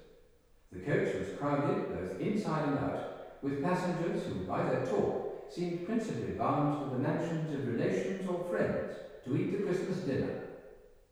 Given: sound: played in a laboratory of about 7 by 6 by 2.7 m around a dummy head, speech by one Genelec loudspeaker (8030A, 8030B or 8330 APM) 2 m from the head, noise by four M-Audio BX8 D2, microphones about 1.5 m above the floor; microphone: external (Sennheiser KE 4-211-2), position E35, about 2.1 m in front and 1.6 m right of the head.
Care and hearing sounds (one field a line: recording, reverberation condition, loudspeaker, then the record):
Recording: male speech in English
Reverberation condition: high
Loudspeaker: 30 degrees to the left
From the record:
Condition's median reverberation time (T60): about 1300 ms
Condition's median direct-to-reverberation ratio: about -4.0 dB